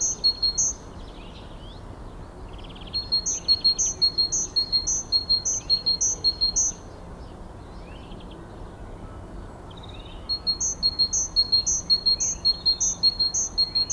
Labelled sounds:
Great Tit song
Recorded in the wild
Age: adult
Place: Zepernick, Barnim, Brandenburg, DE
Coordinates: 52.6497, 13.5435
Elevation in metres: 75
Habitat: garden
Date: 2014-04-21 07:45
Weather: sunny, 10°C, weak winds
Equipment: Sound Devices 702, Sennheiser MKH 70, Rycote Windschutz
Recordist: Frommolt, Karl-Heinz

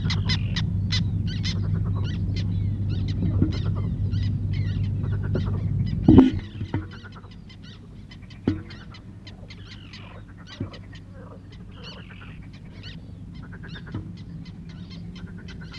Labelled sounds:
Black Tern call
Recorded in the wild
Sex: group
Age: diverse
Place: Elblag, Warminsko-Mazurskie, PL
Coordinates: 54.1, 19.4667
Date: 1965-07-08 10:30
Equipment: Grundig TK 4, BG 20/6 - 19 cm/s
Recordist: Schubert, Michael

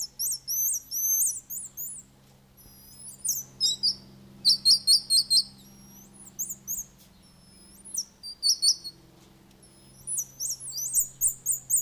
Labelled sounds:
Black-mantled Tamarin
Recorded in captivity
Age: adult
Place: Zoo Berlin, Berlin, DE
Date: 2002-09-04 13:26
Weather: heiter, 24 - 26°C
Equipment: Nagra SN, Kopie Uher 4000 Report Monitor
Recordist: Tembrock, Günter
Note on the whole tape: Zwei Tiere: diverse Laute, auf ihnen bekannte Personen bezogen (am Gitter, Entfernung ca. 5 m, Oberkäfig)

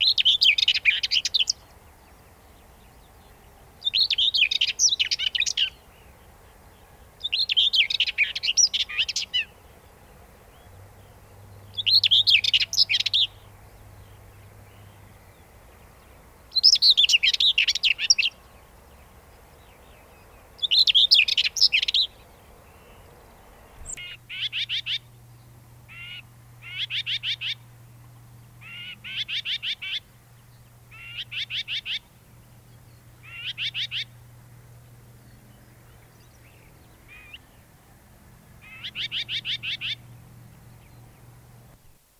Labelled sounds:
Common Whitethroat song
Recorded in the wild
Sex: male
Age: adult
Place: Hallstadt, Bayern, DE
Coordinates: 49.9272, 10.8808
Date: 1963-04-27
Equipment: Nagra, AKG D19/200, Original, Vollspur
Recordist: Tretzel, Erwin

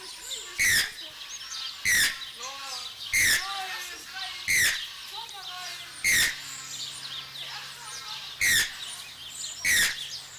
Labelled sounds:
Channel-billed Toucan call
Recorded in captivity
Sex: male
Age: adult
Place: Zoo Halle, Sachsen-Anhalt, DE
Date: 1999-03-30 12:18
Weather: heiter, ca. 15°C
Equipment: Sony MD-WM MZ-R3, Sennheiser MKH 416 T, Kopie Uher 4000 Report Monitor
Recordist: Tembrock, Günter
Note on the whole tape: Männchen

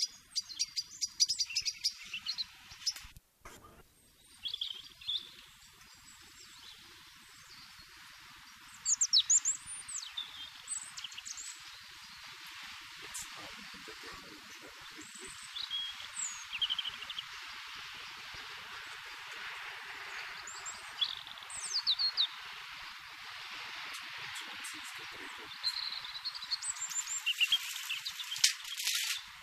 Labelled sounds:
European Robin song
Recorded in the wild
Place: Kaiserslautern, Rheinland-Pfalz, DE
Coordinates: 49.4247, 7.77889
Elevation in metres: 279
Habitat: garden
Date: 1978-03-22 18:30
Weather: sehr windig
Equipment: Nagra IV, Sennheiser MKH 405, Parabolreflektor
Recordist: Tretzel, Erwin

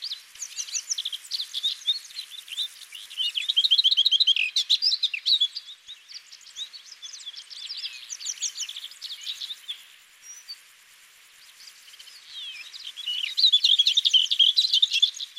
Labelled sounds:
Lesser Whitethroat song
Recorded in the wild
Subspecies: althaea
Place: Chimgan, UZ
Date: 2001-05-25
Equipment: MiniDisc Sharp MT 20 H
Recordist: Schwarz, Dieter
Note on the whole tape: Song

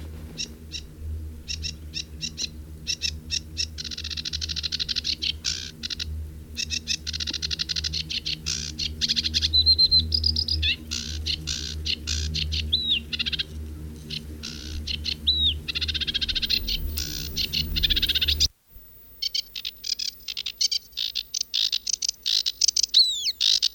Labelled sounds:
Sedge Warbler song
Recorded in the wild
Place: Rhinluch, Brandenburg, DE
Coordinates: 52.817, 12.733
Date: 1971-05-01
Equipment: Nagra III BH, Sennheiser MD 21, parabola
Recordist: Schubert, Michael
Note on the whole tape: Gesang Schilfrohrsänger

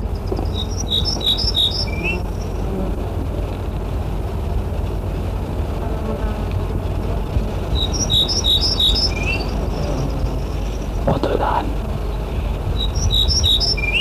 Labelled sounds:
Ortolan Bunting song
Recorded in the wild
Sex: male
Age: adult
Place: Primorsko, Burgas, BG
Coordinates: 42.2667, 27.75
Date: 1968-06-01
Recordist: Stiefel, Arnd

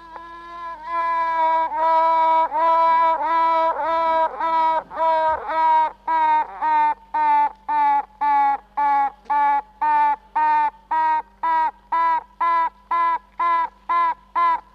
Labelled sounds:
Honey Bee
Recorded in captivity
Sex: female
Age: imago
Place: Zoologisches Institut der HUB, Berlin, DE
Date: 1964-06-16 18:30
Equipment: BG 26/1, Grundig-Mikrofon
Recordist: Tembrock, Günter

